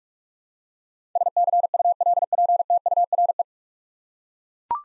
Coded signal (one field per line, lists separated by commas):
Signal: Morse code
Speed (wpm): 42 wpm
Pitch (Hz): 700 Hz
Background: none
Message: SCULPTURE